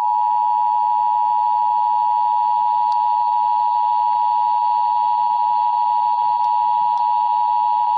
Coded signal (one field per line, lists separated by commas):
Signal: Emergency Alert System (SAME) tones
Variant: 853 and 960 Hz attention tone